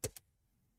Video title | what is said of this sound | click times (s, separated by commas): Unboxing Cooler Master NR200P - Dying Light 2 PC Specs - Elden Ring - NZXT H1 V2 - Torrent Nano Case | everything kind of just clicks in place | 0.0 s, 0.2 s